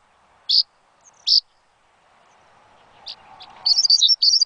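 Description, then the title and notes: Bird chirps, two short high notes, a pause, then a few faint notes and a burst of rapid high twittering near the end. Chirping used to train pet birds. "Suara Kicauan Burung untuk memaster burung kesayangan"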